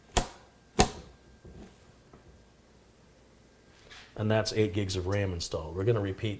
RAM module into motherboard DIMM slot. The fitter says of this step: you will hear them click and see these retention levers automatically lock you